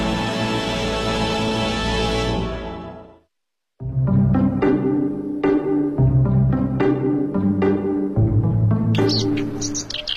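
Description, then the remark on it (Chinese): A black-browed reed warbler's song of quick, sharp chirps and harsh bursts in a rapid, uneven rhythm, following a few seconds of loud, dense sound and a brief silence. No one speaks. “我叫黑尾尾鹰，尾就是芦苇的尾，是温科尾鹰属的鸟类。”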